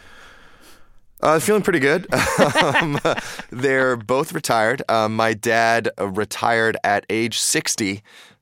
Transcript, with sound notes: Feeling pretty good.
(LAIUGHTER)
They're both retired. My dad retired at age 60,